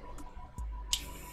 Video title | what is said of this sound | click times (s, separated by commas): Genre Parfums - Unboxing - First Impressions | the cap on this holds snaps into place holds pretty well | 0.9 s